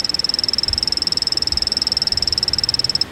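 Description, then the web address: Machalilla poison frog giving a long, high, even trill of rapid pulses, lasting about three seconds before stopping. "machalilla poison frog epipedobates machalilla"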